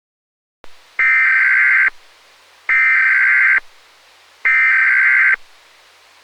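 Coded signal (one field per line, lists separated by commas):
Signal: Emergency Alert System (SAME) tones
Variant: header bursts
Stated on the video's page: Mock EAS scenario, not based on real events.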